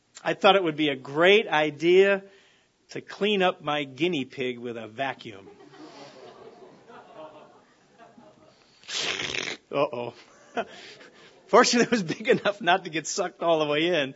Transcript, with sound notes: I thought it would be a great idea to clean up my guinea pig with a vacuum. (Laughter) Uh-oh. Fortunately he was big enough not to get sucked all the way in.